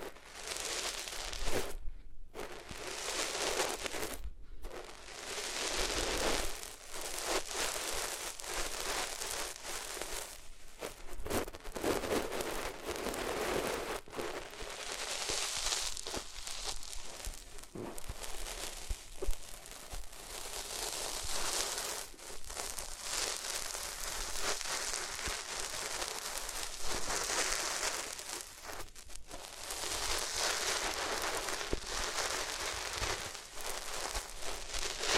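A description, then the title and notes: Close, dense rubbing and scratching noises, like materials being rubbed right against the ears, fill the recording with a busy, hissy crackle. The texture shifts in brightness as surfaces change, with brief near-silent breaks around two and four seconds. ASMR Sensitive Sleep Inducing Triggers Rubbing Your Ears on Different Materials (No Talking).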